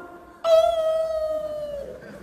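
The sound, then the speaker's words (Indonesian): A dog lets out one long, loud howl, holding a steady high pitch for over a second before it sags and trails off, over a faint background hum. “Kenapa kalau azan berkumandang suara anjing melolong?”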